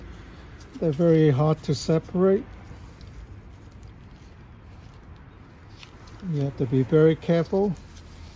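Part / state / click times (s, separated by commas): neodymium magnet into hollow steel stud / not seated / none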